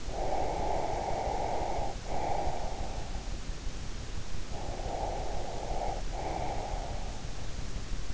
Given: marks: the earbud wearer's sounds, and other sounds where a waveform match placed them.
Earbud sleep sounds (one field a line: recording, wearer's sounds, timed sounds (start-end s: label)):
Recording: sounds in sleep by an in-ear microphone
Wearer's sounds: breath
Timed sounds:
0.00-3.19 s: breath
4.46-6.99 s: breath